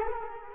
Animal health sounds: mosquito wingbeat signal from an infrared sensor; Culex quinquefasciatus

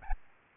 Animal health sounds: mosquito wingbeat signal from an infrared sensor; Aedes albopictus

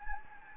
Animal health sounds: mosquito wingbeat signal from an infrared sensor; Anopheles gambiae

